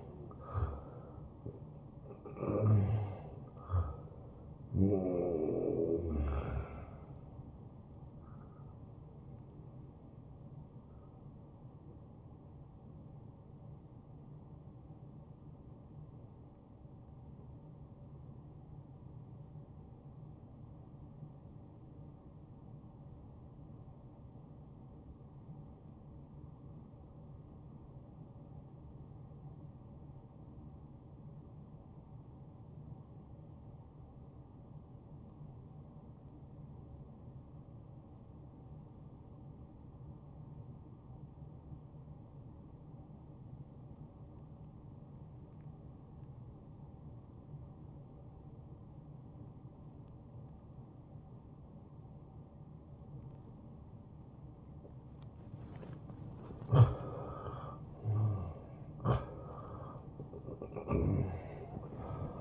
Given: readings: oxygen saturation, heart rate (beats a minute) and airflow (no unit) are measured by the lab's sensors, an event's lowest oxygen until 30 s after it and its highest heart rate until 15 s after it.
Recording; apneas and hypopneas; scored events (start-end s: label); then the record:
breathing in sleep by a smartphone at the bedside; 1
11.00-54.60 s: hypopnea (N1, oxygen 95% highest, then 85% lowest, heart rate 73 at the start, 77 highest)
From the record:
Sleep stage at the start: N1 (lightest sleep); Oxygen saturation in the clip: 83 to 95%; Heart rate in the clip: 52 to 76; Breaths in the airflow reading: 6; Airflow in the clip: -16.4 to 11.0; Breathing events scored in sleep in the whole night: 263 in 5.5 hours asleep